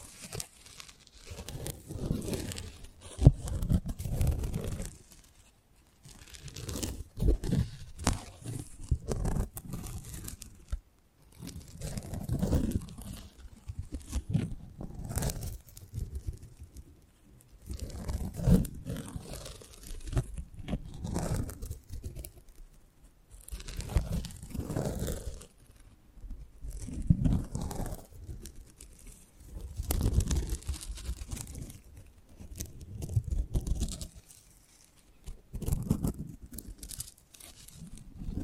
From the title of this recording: Close Up Mic Treatment